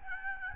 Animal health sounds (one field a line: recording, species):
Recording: mosquito wingbeat signal from an infrared sensor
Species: Aedes albopictus